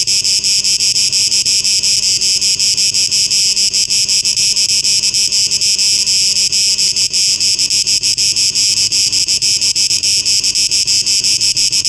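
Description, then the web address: Cicada: a high, hissing insect drone holds steady the whole time, finely pulsing. Recorded 12 August 2023. "rauschpartikel 2023-08-12 Zikaden"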